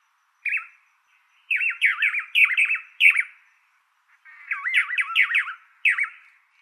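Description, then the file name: Blue manakin singing: a single nasal note, then rolling runs of warbled, up-and-down notes in two bursts, ending with a short note. "suara blue manakin"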